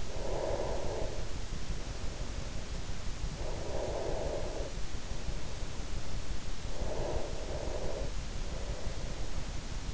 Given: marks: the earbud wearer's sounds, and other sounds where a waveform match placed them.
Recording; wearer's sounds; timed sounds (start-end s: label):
sounds in sleep by an in-ear microphone; breath
0.00-3.11 s: breath
3.36-6.40 s: breath
6.70-9.85 s: breath